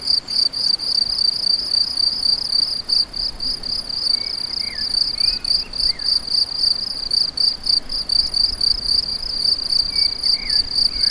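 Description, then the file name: Crickets producing a steady high-pitched pulsing chirp, with scattered soft whistles and twitters in the background. Several crickets; recorded on an MZ-N710; dated 7 05 14. "MZ-N 710 Grillons 7 05 14"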